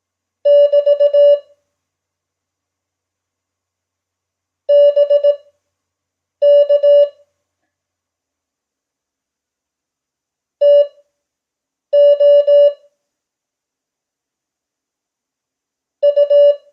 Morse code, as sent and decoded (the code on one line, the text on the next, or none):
-...- / -... -.- / - --- / ..-
<BT> BK TO U